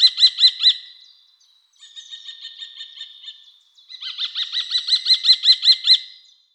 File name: Turmfalke Falco tinnunculus